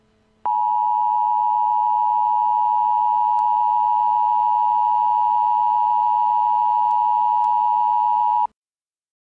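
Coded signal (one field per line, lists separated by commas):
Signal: Emergency Alert System (SAME) tones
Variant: 853 and 960 Hz attention tone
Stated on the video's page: Fictional EAS scenario; content is entirely made up, not a real alert.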